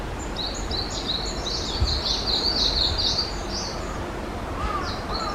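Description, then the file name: Japanese leaf warbler song: rapid, rhythmic series of short high chirping phrases running for about four seconds and resuming near the end, over steady low rumbling background noise. Recorded on 11 May 2022. "20220511 メボソムシクイ"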